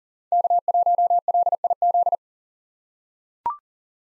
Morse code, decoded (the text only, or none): K1LIZ